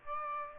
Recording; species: mosquito wingbeat signal from an infrared sensor; Aedes aegypti